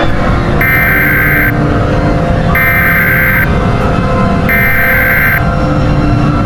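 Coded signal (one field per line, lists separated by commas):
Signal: Emergency Alert System (SAME) tones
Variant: header bursts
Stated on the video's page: Simulated EAS scenario, not a real alert.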